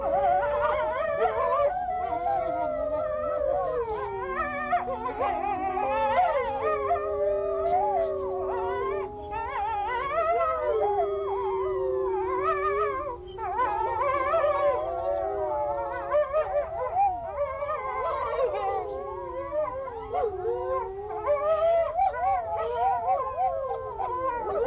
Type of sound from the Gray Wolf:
howling